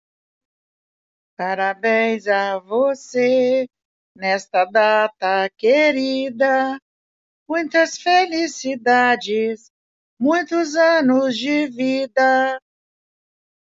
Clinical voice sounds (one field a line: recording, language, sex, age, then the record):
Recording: short text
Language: Brazilian Portuguese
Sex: female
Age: 60 to 69 years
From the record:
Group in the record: control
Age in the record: 65 years